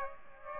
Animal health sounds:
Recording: mosquito wingbeat signal from an infrared sensor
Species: Aedes aegypti

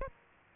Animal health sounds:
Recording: mosquito wingbeat signal from an infrared sensor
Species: Aedes aegypti

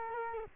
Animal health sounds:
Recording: mosquito wingbeat signal from an infrared sensor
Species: Culex quinquefasciatus

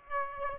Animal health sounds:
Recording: mosquito wingbeat signal from an infrared sensor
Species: Aedes aegypti

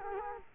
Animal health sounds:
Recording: mosquito wingbeat signal from an infrared sensor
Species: Culex quinquefasciatus

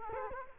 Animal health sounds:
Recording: mosquito wingbeat signal from an infrared sensor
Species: Culex quinquefasciatus

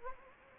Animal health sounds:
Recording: mosquito wingbeat signal from an infrared sensor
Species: Anopheles gambiae

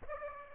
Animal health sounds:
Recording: mosquito wingbeat signal from an infrared sensor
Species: Aedes aegypti

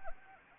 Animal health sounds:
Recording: mosquito wingbeat signal from an infrared sensor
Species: Anopheles arabiensis

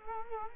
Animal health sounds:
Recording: mosquito wingbeat signal from an infrared sensor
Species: Culex quinquefasciatus

